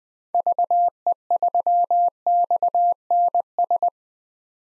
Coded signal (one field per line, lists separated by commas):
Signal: Morse code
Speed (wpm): 21 wpm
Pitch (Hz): 700 Hz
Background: none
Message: VE3XNS